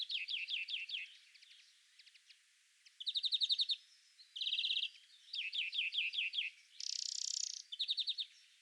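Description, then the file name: European greenfinch producing quick chirping trills and rattling twitters, followed by one long buzzy wheeze and another short trill. "Chloris chloris"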